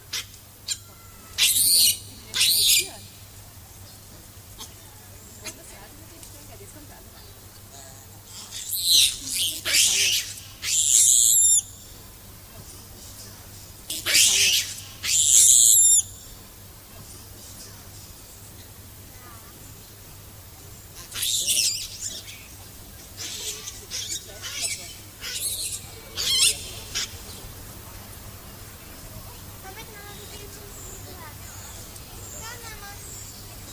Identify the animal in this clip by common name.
Hamadryas Baboon